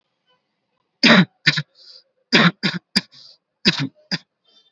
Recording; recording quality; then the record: heavy voluntary cough; excellent, no background noise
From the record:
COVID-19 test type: RT-PCR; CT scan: not taken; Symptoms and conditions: none ticked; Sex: male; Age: 19 years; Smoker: no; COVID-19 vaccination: both doses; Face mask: worn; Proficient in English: yes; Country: India